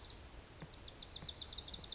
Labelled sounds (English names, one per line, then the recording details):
Wilson's Warbler
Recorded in Sonoma County, California